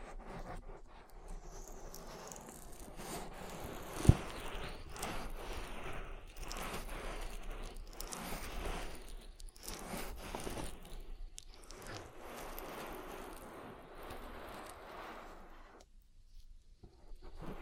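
Oily ear massage with continuous wet rubbing and squishing, a sharp click near four seconds, and a quieter dip around sixteen seconds.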